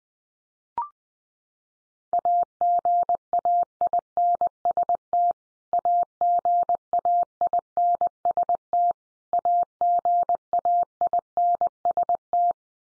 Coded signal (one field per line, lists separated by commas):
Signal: Morse code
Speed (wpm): 20 wpm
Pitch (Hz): 700 Hz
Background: none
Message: AGAINST AGAINST AGAINST